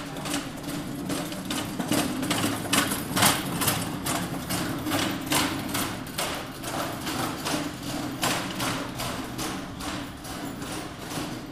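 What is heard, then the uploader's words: A cart rolls steadily over a hard floor, its wheels clacking at a fast, regular beat above a constant low rumble throughout. Standing in the Habitat for Humanity ReStore on North Wendover Road. Featuring moving furniture, a rolling cart, and shoppers.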